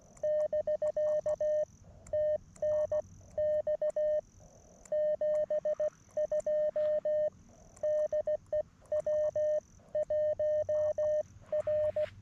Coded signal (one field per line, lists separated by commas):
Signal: Morse code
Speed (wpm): 16 wpm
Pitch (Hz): 590 Hz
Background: none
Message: <BK> TNX 72 DE W1R